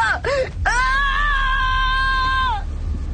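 A man screams in pain: two short, strangled cries, then one long, high, steady shriek that holds for about two seconds and cuts off, over a low rumbling background.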